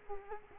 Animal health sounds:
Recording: mosquito wingbeat signal from an infrared sensor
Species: Culex quinquefasciatus

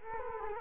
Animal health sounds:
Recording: mosquito wingbeat signal from an infrared sensor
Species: Culex quinquefasciatus

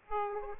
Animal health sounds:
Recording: mosquito wingbeat signal from an infrared sensor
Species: Aedes aegypti

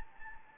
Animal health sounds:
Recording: mosquito wingbeat signal from an infrared sensor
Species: Anopheles gambiae

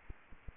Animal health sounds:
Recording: mosquito wingbeat signal from an infrared sensor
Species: Anopheles gambiae

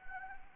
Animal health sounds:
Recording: mosquito wingbeat signal from an infrared sensor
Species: Anopheles gambiae

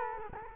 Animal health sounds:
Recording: mosquito wingbeat signal from an infrared sensor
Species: Culex quinquefasciatus

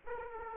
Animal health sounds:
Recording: mosquito wingbeat signal from an infrared sensor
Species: Aedes aegypti

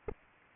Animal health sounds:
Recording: mosquito wingbeat signal from an infrared sensor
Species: Aedes aegypti

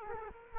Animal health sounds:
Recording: mosquito wingbeat signal from an infrared sensor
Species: Culex quinquefasciatus

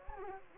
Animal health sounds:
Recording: mosquito wingbeat signal from an infrared sensor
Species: Anopheles gambiae

